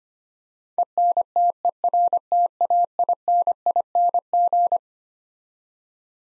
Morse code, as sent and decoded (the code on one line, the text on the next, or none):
. -. - . .-. - .- .. -. .. -. --.
ENTERTAINING